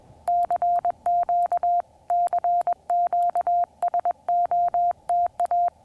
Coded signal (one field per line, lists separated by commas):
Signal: Morse code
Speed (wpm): 21 wpm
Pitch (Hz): 700 Hz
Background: none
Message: CQ CQ SOTA